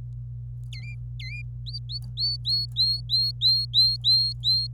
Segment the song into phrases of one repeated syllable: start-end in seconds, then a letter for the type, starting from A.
0.72-1.42 A, 1.66-4.74 B